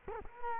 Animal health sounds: mosquito wingbeat signal from an infrared sensor; Culex quinquefasciatus

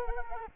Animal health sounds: mosquito wingbeat signal from an infrared sensor; Culex quinquefasciatus

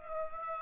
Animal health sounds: mosquito wingbeat signal from an infrared sensor; Aedes aegypti

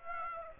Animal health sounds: mosquito wingbeat signal from an infrared sensor; Aedes aegypti

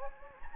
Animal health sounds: mosquito wingbeat signal from an infrared sensor; Anopheles gambiae

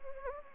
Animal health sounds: mosquito wingbeat signal from an infrared sensor; Anopheles gambiae

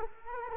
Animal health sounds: mosquito wingbeat signal from an infrared sensor; Culex quinquefasciatus

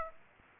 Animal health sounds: mosquito wingbeat signal from an infrared sensor; Aedes aegypti

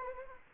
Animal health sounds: mosquito wingbeat signal from an infrared sensor; Anopheles arabiensis

